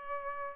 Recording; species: mosquito wingbeat signal from an infrared sensor; Aedes albopictus